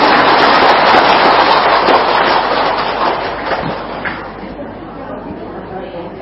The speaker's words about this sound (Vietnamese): Có mâu thuẫn không? Không, vậy cho tràng pháo tay đi.